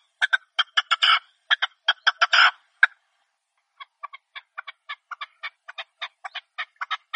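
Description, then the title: Partridge giving harsh, rasping chuckles in quick bursts, a short silence, then softer evenly spaced notes resuming. Call used as a hunting lure. "Canto de Perdiz. Reclamo de Perdiz"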